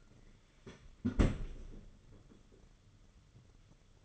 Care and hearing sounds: daily activity, microphone in the room; close fridge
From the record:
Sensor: 4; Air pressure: 995.3 hPa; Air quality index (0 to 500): 211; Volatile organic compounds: 225 ppm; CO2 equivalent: 4290 ppm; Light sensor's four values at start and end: 29/92/34/37 and 31/99/37/40

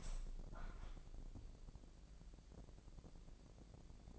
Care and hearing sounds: daily activity, microphone in the room; open window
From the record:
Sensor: 5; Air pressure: 1012.4 hPa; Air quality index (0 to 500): 161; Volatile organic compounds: 2 ppm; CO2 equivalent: 1091 ppm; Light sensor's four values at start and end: 66/160/65/69 and 67/161/66/69

